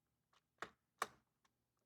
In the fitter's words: just like that it snaps into place